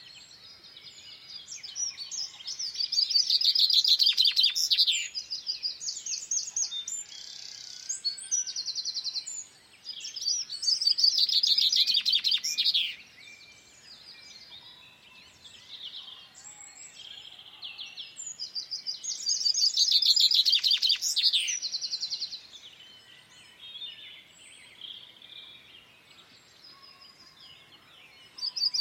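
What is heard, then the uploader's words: A dawn chorus in the countryside, with one bird singing bright, rapid phrases in loud bursts around 2–5, 10–13 and 19–23 seconds. Fainter songs from other birds fill the pauses, over a quiet, calm outdoor background. Dawn chorus in the countryside. Calm morning in the English countryside. It's early spring so the dawn chorus is lush and varied, with plenty of birdsong filtering in through the mist.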